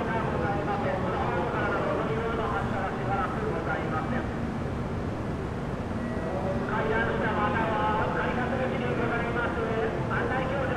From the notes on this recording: Train Station Osaka